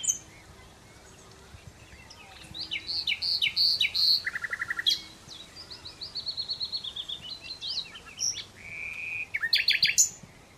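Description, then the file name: Common Nightingale song with mixed high chirps, a low buzzy note, then a run of quick repeated notes, a level whistle and a final rapid rattling trill. "Luscinia megarhynchos"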